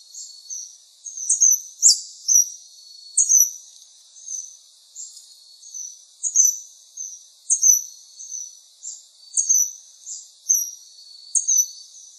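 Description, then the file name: Scaled Hermit repeating piercing high squeaky notes in quick pairs and triplets, keeping an even, insistent rhythm throughout. Recorded in Misiones, along the road to the sanctuary. "Ermitano escamado Misiones Camino del santuario"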